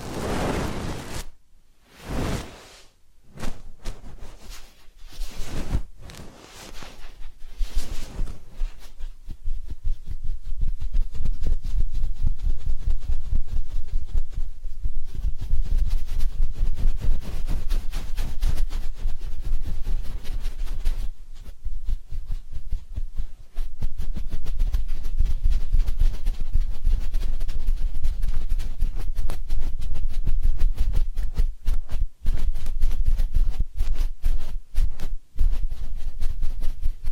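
Ear cleaning and massage sounds: separate scratchy rubs with short silences between them over the first several seconds. From about ten seconds on the rubbing turns constant and dense, a deep, muffled scraping full of quick crackles and taps that stays loud to the end.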